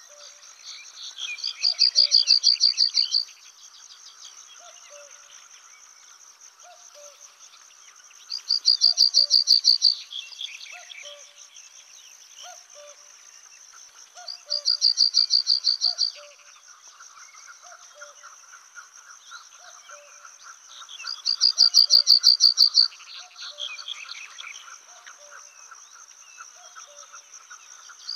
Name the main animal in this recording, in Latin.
Emberiza stewarti